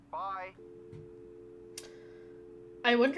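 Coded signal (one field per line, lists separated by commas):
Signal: telephone call progress tone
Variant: North America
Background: speech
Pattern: dial tone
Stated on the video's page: Tones heard in the Nancy Drew: Secret of the Scarlet Hand game.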